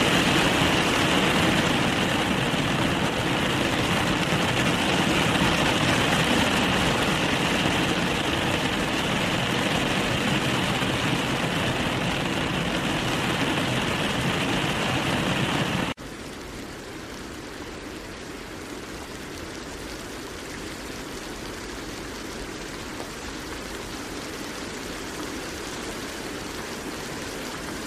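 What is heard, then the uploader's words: Steady, dense rain hisses evenly for about sixteen seconds, then abruptly drops to a quieter, thinner patter that continues unchanged to the end. Rain Meditation: Embrace Serenity with 4 Hours of Rain Sounds.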